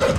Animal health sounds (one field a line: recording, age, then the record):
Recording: pig call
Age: growing-finishing pig (85 days or more)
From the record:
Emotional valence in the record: positive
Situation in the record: run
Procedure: transit